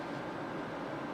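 A plastic chip is being handled and pushed toward a refillable ink cartridge of a continuous ink supply system. Only a steady, even broadband noise is heard, with no sharp hits. The chip has not clicked or seated yet.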